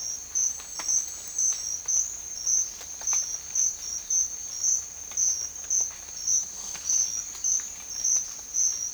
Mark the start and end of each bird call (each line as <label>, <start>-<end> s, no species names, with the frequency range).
bird call (3.3-4.5 kHz), 3.63-4.29 s
bird call (0.8-4.2 kHz), 5.96-8.19 s